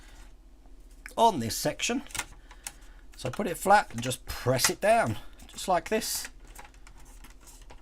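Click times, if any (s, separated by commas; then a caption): 6.7 s, 6.9 s, 7.7 s. A plastic cover plate is laid flat on a 1:18 scale model X-Wing wing section and pressed down so its lugs clip into the slots. Someone talks, then quiet clicks are heard at 6.7, 6.9 and 7.7 seconds. The plate seats into the wing.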